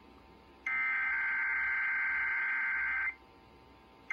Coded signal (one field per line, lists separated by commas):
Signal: Emergency Alert System (SAME) tones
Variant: header bursts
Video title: EAS 1197-1198 - The WTOP